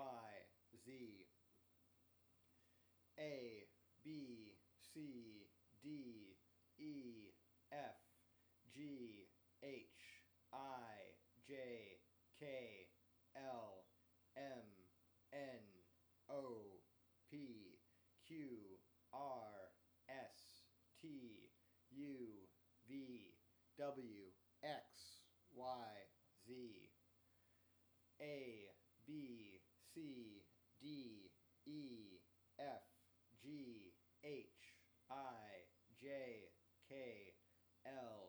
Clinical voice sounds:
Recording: letters of the alphabet, spoken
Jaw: free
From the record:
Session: first day, before the bite bar

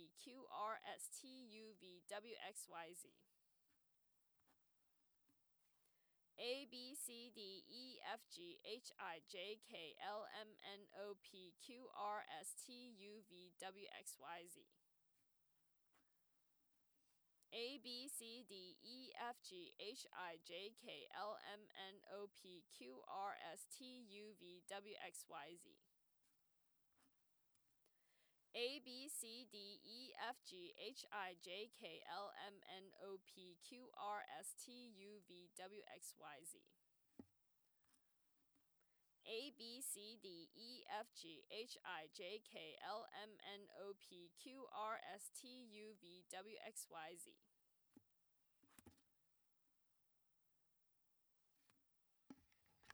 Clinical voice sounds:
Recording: letters of the alphabet, spoken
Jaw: free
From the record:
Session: first day, before the bite bar

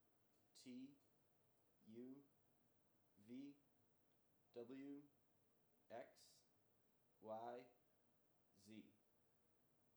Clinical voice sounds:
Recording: letters of the alphabet, spoken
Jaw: free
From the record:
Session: first day, before the bite bar

